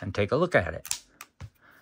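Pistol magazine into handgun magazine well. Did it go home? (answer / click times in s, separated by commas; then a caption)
yes / 1.2 s. Someone talks, then a steel magazine fitted with a Pearce polymer grip-extension base plate is pushed up into the magazine well of an S&W M&P Shield EZ 9mm pistol. It seats with a sharp click at 1.2 s, followed by a couple of softer handling knocks.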